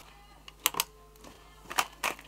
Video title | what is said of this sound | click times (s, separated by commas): MY first CUSTOM PC BUILD for video editing i7 6800k lga-2011 x99-f8 8gb gpu 40gb ram for beginners | you hear that click that's letting you know that you have installed the ram correctly | 0.7 s